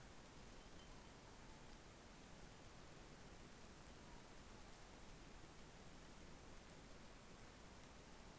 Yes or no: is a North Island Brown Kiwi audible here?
no